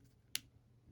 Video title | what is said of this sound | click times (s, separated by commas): Changing battery on Toyota Keyfob | it's going to press that's a friction fit you'll hear these edges snap in | 0.4 s